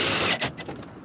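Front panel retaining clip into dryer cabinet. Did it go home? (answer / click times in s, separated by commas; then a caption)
no / none. A dryer's sheet-metal front panel is handled during reinstallation, with a reach far up inside to engage its retaining clip into the dryer cabinet. Dense, loud scraping fills the first third of a second, followed by a short burst near 0.4 s and a run of fainter rattles that fade out. Nothing has seated or clicked yet.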